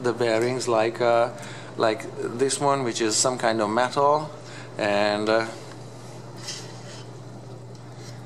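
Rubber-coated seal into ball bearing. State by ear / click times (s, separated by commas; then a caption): not seated / none. A rubber-coated metal seal is handled next to a ball bearing, ready to be pressed into its side to keep out dirt and most of the water. Someone talks until about 5.5 seconds, then only a steady low hum remains. Nothing has seated or clicked yet.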